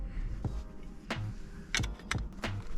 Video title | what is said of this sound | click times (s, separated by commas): Gt350 Steering Wheel Install on my Roush Mustang | You should hear it click whenever, just like that. | 1.8 s, 2.1 s